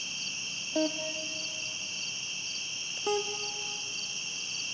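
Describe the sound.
Cricket chirping: a steady shrill drone with rhythmic pulses above, plus two separate low, tonal harmonic calls about two seconds apart.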